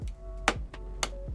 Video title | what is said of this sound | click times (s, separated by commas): HOW TO BUILD YOUR PC: Simple computer build guide! | and with two thumbs this is a really good way to do it two thumbs push it down until you hear the click | 0.5 s, 1.0 s